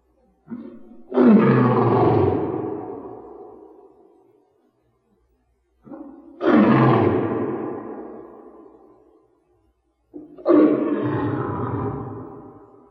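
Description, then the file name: Lion roars, three powerful rasping bursts each preceded by a short grunt, spaced about five seconds apart and fading slowly. "Golosa zhivotnyh - Lev lat Panthera leo"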